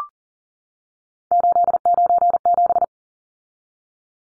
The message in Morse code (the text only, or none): 897